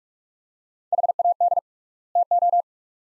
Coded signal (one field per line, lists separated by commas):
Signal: Morse code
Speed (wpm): 41 wpm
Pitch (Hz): 700 Hz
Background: none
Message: HAD TO